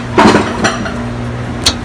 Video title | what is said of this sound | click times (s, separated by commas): How to Replace the AC Condenser/Transmission Cooler on a 2011 Dodge Durango | push them into they lock into place so | 1.7 s